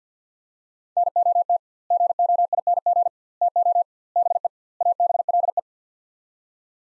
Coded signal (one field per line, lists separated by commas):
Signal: Morse code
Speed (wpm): 50 wpm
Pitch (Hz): 700 Hz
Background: none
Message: NOT GOING TO BE ABLE